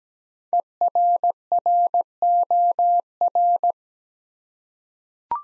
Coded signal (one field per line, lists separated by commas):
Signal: Morse code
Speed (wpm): 17 wpm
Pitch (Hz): 700 Hz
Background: none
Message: ERROR